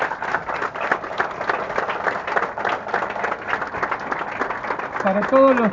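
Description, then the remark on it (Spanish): An audience applauds steadily for several seconds for all the forces and institutions that worked to save residents and protect fauna and flora, a dense, even patter of many hands clapping, with a voice beginning to speak as the clapping continues near the end. “Por eso pido un fuerte aplauso para todos.”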